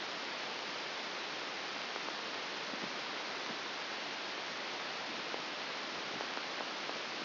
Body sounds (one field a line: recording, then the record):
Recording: brain microelectrode recording played as sound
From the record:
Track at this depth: inside the subthalamic nucleus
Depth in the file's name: 2.1 mm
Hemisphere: left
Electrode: 2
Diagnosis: Parkinson's disease